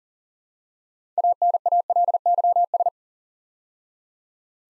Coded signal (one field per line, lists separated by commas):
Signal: Morse code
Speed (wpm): 39 wpm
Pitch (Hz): 700 Hz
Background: none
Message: ANALYS